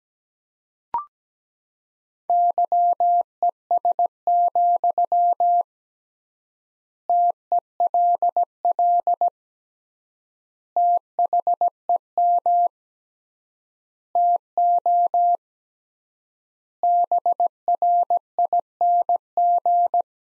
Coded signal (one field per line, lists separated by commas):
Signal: Morse code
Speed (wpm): 17 wpm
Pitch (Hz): 700 Hz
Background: none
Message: YES, TELL THEM TO BRING